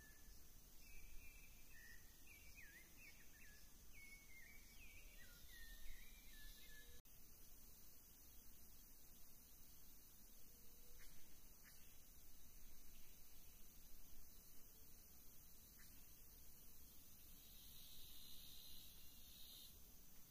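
Tropical Atlantic Forest ambience with a steady low rumble and a constant high insect hiss. Bird chirps and warbles flicker through the first seven seconds, then a sudden break; afterward the bed continues with scattered faint calls and a brief chirping burst near seventeen seconds.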